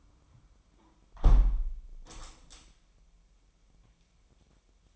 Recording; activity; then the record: daily activity, microphone in the room; close window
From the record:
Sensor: 1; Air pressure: 998.1 hPa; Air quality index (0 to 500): 140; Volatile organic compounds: 4 ppm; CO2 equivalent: 1673 ppm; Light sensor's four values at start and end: 16/54/21/22 and 16/54/22/22